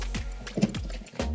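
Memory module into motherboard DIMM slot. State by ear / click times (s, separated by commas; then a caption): not seated / none. A second DDR5 memory stick is handled at its motherboard DIMM slot, with brief knocks and scrapes of handling at about 0.2, 1.2 and 1.4 s over a steady background. The stick has not seated or clicked into the slot yet.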